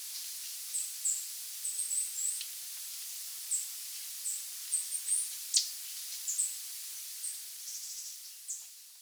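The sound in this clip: Bird calls: very high, thin chips repeated irregularly over a steady background hiss, with a few quick clusters of notes.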